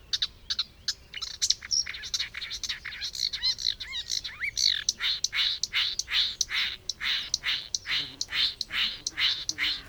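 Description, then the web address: Marsh warbler singing a fast, varied run of chattering notes, whistles and buzzy trills, with short rising slurred phrases mixed in and a rapid rhythm. "chant rousserolle verderolle"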